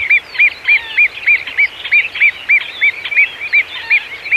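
Great gerbil calls: short arched chirps repeated about three times a second in a steady series, with fainter thin bird chirps and twitters above.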